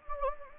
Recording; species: mosquito wingbeat signal from an infrared sensor; Anopheles gambiae